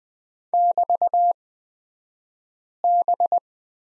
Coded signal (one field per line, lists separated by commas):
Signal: Morse code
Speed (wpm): 20 wpm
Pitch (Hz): 700 Hz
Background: none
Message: <BT>B